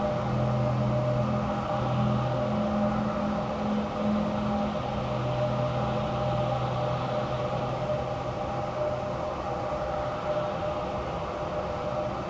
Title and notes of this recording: EmptyWarehouse. Large Spaced Cavernous Emptiness